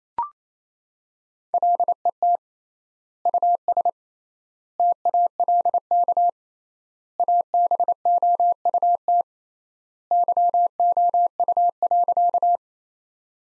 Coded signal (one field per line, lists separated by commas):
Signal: Morse code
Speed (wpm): 27 wpm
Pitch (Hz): 700 Hz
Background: none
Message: LET US TALK ABOUT YOU.